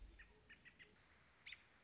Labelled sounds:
American Robin

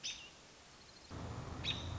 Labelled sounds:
American Robin

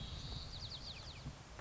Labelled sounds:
White-crowned Sparrow

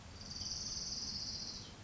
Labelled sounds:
Orange-crowned Warbler

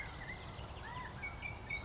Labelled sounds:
California Quail

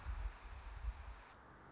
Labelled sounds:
Anna's Hummingbird

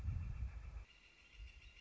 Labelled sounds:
Northern Flicker

